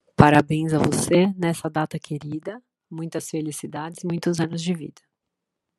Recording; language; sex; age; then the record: short text; Brazilian Portuguese; female; 40 to 49 years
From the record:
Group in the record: control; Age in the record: 49 years